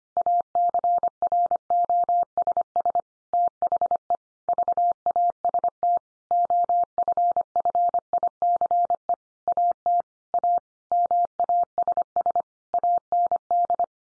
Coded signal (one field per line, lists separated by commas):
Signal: Morse code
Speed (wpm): 25 wpm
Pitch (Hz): 700 Hz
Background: none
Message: ACROSS THE VAST OFFICE AT A MASS AND